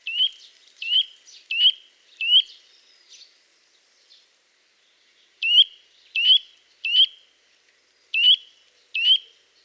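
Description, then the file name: Eurasian nuthatch repeating emphatic rising whistled notes, four in quick succession, a pause of a couple of seconds, then five more in a looser series. "Sitta europaea"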